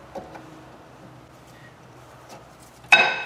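The first rear brake pad of a Mercedes GLE350, with its wear sensor fitted, is pressed into the brake caliper. After a faint knock at 0.2 s and quiet low-level noise, a loud, sharp snap rings out at 2.9 s and decays. The pad clips into place.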